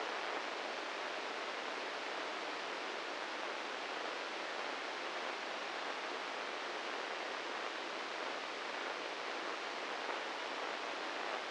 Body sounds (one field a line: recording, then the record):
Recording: brain microelectrode recording played as sound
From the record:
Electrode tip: inside the subthalamic nucleus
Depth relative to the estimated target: 2 mm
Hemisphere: right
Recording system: NeuroSet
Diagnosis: Parkinson's disease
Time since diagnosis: 15 years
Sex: male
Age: 65 years